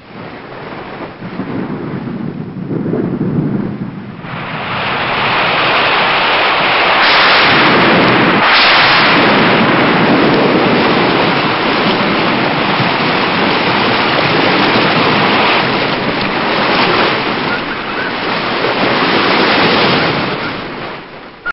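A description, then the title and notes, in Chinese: Heavy rain pours in a dense, constant hiss that fills the whole clip. The roar builds after the first few seconds and stays loud and thick, with low rumbling surges around three and eight seconds, then eases slightly near the end. 大自然的声音_暴雨3。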